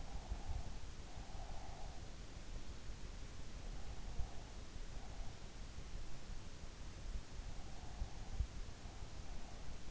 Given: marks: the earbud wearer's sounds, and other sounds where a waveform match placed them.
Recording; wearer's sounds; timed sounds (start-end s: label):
sounds in sleep by an in-ear microphone; breath
0.00-2.32 s: breath